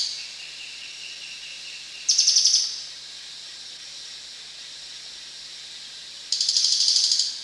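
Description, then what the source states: Crested jay giving two dry, rapidly pulsed rattles, each about a second long, about four seconds apart, above a continuous high buzzing background. Recorded at Danum on 1 January 2008.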